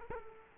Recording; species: mosquito wingbeat signal from an infrared sensor; Culex quinquefasciatus